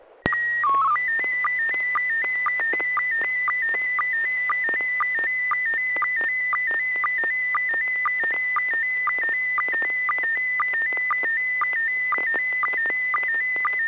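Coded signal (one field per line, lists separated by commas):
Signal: SSTV (slow-scan television)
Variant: PD 120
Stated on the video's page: Slow-scan television net transmissions on a 441.300 MHz FM repeater in Sacramento, sent with MMSSTV software.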